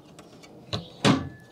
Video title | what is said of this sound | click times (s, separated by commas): MA TESLA ÉP 7 : TUTORIEL D’INSTALLATION DU VOLANT CARBONE ALCANTARA TLYARD SUR MA MODEL 3 - Mrjksaw | et là vous avez entendu le claque voilà | 1.0 s